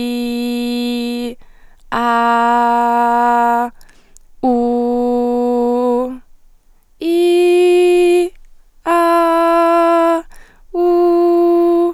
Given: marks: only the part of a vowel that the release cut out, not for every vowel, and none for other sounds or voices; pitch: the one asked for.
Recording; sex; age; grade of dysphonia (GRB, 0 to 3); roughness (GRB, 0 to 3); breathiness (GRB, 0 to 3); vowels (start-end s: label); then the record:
sustained vowels; female; 20 to 29 years; 0; 0; 0
0.00-0.89 s: vowel /i/, normal pitch
2.10-2.99 s: vowel /a/, normal pitch
4.70-5.83 s: vowel /u/, normal pitch
7.25-8.14 s: vowel /i/, high pitch
9.51-10.08 s: vowel /a/, high pitch
10.91-11.47 s: vowel /u/, high pitch
From the record:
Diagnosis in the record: healthy voice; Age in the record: 20 years